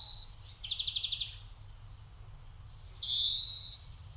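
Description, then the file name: European greenfinch calls: a short wheezy note, a rapid ticking trill, then a longer drawn-out buzzy wheeze; faint low rumble behind. "Chloris chloris"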